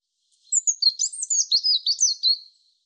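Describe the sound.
European robin song phrase of rapid, high, liquid warbling notes rising and falling in a steady stream.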